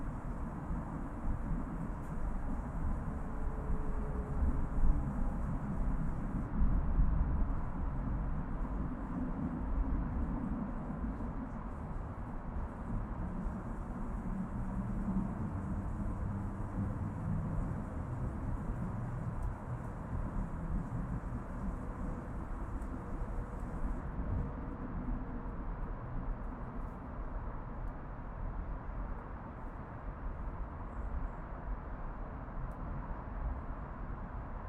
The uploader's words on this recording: Urban Backyard - Oakland, CA. Zoom H6 XY Stereo Mic Capsule. Unbranded Mini Mic Stand. Magnetic Microphone Mounts.